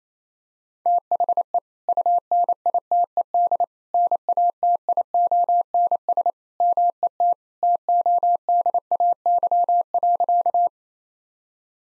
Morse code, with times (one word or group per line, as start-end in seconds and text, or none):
0.9-1.6 THE
1.9-3.6 UNITED
3.9-6.3 NATIONS
6.6-7.3 MET
7.6-10.7 TODAY.